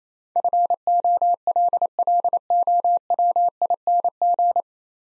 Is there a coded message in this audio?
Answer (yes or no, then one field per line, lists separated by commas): yes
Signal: Morse code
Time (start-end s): 0.4-4.6 s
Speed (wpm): 27 wpm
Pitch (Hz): 700 Hz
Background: none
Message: FOLLOWING